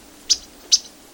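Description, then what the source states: Yellow-rumped Warbler call notes: three sharp, high, clipped chips, evenly spaced, in an otherwise quiet background. Wintering bird, present in winter across the western and southern U.S. and north into New England while most warblers migrate south; feeds on fruit such as juniper, viburnum and mountain ash.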